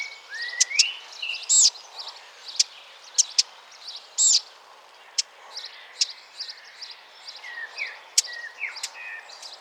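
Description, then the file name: Eurasian blackcap calls: crisp clicks spaced irregularly, with rising whistles and high chirps over a hissy background. "Sylvia atricapilla"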